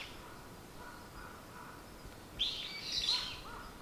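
Bird call: a short burst of high, tangled twittering chirps near the end, over steady hiss.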